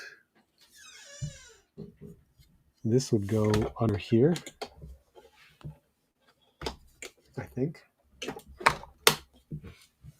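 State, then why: Seated. Someone talks while fitting a plastic part under the body of a G.I. Joe Classified Series HasLab Dragonfly toy helicopter, with scattered handling clicks and taps. A sharp snap at 9.1 s marks the part locking into place.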